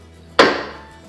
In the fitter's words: you'll hear the click and then